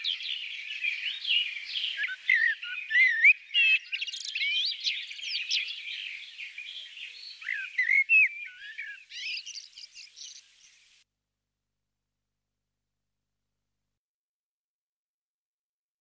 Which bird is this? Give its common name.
Fieldfare